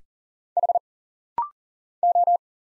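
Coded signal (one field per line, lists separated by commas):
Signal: Morse code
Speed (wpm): 40 wpm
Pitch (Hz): 700 Hz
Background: none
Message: H O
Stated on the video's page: Rapid-fire 40wpm Morse practice of single letters, numbers, punctuation and prosigns, sent, spoken, then sent again for instant character recognition drill.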